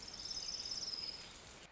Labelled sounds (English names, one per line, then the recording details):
Orange-crowned Warbler
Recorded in Sonoma County, California